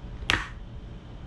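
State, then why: Released. The visor lens of an HJC C70 helmet is levered off its side pivot mount after the lock is pulled backwards. A single sharp snap sounds at 0.3 s over quiet background noise as the lens releases from the mount.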